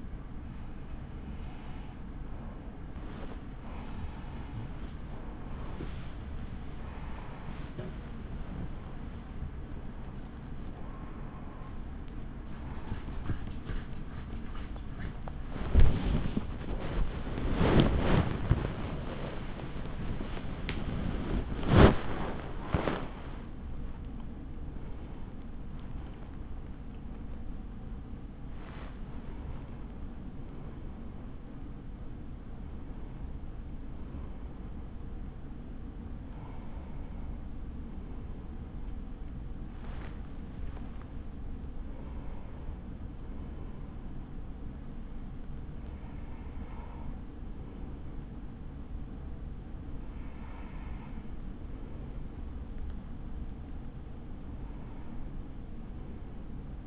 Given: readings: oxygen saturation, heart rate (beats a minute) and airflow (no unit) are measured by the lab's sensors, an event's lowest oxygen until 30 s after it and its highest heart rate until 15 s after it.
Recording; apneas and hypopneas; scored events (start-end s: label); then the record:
a person awake in a sleep study, by a smartphone at the bedside; none
4.00-56.87 s: new sleep stage, awake
5.00-56.87 s: awake
From the record:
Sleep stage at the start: N3 (deep sleep); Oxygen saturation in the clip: 94 to 97%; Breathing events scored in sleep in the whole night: 83 in 6.1 hours asleep